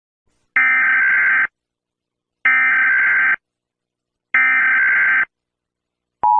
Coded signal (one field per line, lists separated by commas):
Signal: Emergency Alert System (SAME) tones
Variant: header bursts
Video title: EAS Scenario- BALDIS BASICS (Huddle up in a room) ￼